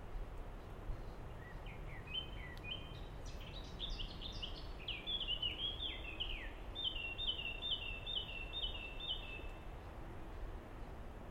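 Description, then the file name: Common blackbird song: rising series of whistled notes turning into rapid, varied phrases, then a string of quick repeated notes, over constant background hiss. "merle"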